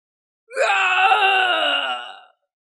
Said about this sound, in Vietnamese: Tiếng kêu thảm thiết liên tục vang lên.